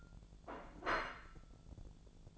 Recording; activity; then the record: daily activity, microphone in the room; place plate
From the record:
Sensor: 5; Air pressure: 1000.3 hPa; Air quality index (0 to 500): 124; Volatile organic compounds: 2 ppm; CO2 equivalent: 984 ppm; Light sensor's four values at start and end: 95/225/95/103 and 95/224/95/102